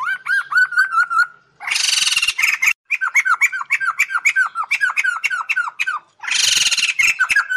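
Bird song with a fast series of looping whistled notes, interrupted twice by loud harsh buzzy rattles.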